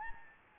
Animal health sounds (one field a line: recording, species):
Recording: mosquito wingbeat signal from an infrared sensor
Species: Anopheles gambiae